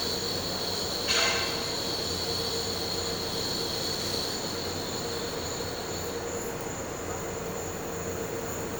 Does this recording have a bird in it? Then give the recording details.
no. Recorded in pastures near Puerto Asís, Putumayo, Colombia, on 4 March 2025 at 12:00. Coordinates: 0.466, -76.322. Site CSA-02